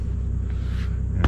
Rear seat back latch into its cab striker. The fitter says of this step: the seat back is locked back in place